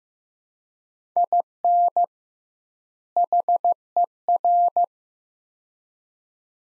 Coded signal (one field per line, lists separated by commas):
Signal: Morse code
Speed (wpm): 15 wpm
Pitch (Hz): 700 Hz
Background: none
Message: IN HER